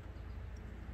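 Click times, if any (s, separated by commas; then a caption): none. During a spark plug replacement at 50,000, an electrical connector is handled as it is brought back onto the ignition coil on the engine. Only a steady, low, rumbling background is heard, with no sharp sounds. The connector has not yet clicked or locked into place.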